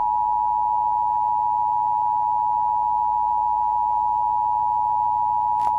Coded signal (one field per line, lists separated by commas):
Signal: Emergency Alert System (SAME) tones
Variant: 853 and 960 Hz attention tone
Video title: National Emergency Alert System EAN Test: 11/9/2011